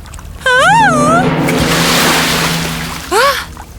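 A loud rush of splashing salt water from a pool of Alice's tears swells and fades over a couple of seconds as a big wave carries her through a door, framed by swooping, wavering tones that glide up and down in pitch at the start and again near the end.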